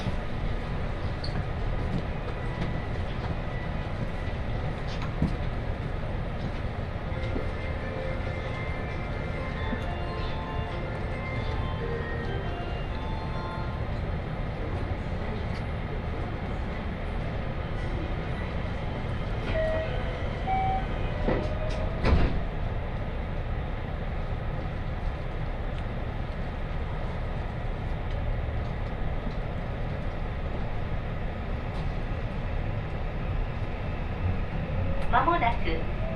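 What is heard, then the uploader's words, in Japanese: A ride on a JR Osaka Loop Line train heading toward Kyobashi, with a steady low rumble of the carriage running throughout. Faint voices and short tonal sounds drift in around 8–12 and 19–22 seconds, with a sharp clack near 22 seconds and another at the end. 耳で楽しむ鉄道旅 ＪＲ難波→新今宮→京橋→鴫野。大阪環状線の内回り電車に乗り換えて京橋に向かいます。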